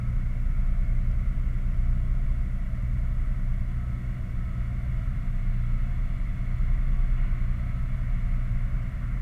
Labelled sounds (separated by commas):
truck, machinery, flare stack